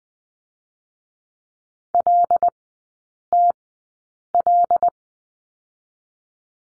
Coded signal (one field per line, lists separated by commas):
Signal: Morse code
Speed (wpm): 20 wpm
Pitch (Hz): 700 Hz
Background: none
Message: LTL